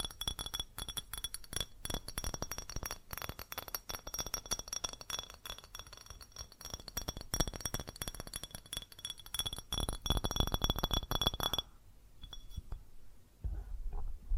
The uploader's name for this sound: Fast Tapping on GlassCeramic Objects